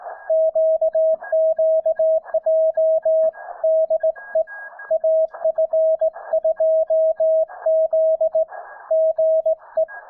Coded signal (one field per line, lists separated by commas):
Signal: Morse code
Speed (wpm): 18 wpm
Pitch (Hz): 640 Hz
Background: music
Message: QQJ DE AF2Z GE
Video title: SKCC WES: Calling CQ